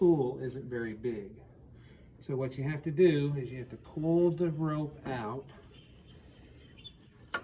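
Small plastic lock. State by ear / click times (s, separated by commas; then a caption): released / 7.4 s. A man talks while pulling the rope out of the small spool on a mechanical lumbar traction unit. The rope lock releases with a single sharp click at 7.4 seconds as a red indicator pops out.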